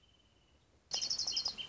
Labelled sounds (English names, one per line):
Wrentit